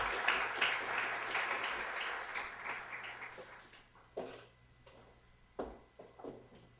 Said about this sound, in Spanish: Así que démosle un aplauso a las dos invitadas antes de empezar.